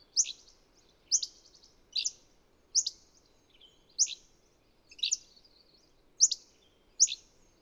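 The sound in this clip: Bird chirps, bright high notes repeated a little faster than once a second, with soft hiss underneath.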